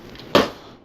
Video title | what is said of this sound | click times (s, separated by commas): Lego Build - Star Wars Desert Skiff Escape Set #75174 | will clip right there there | 0.3 s